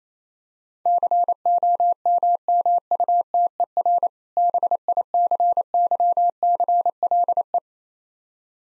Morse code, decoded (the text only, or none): COMMUTER BICYCLE